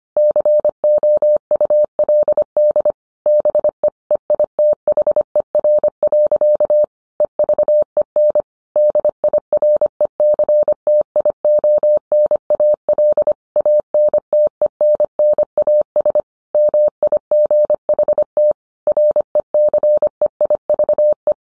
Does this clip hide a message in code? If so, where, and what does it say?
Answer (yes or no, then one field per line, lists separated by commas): yes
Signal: Morse code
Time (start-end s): 0.2-21.3 s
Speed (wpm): 25 wpm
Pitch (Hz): 600 Hz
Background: none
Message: COULD BE EITHER. EVEN DIRECTIONAL ANTENNAS MIGHT RECEIVE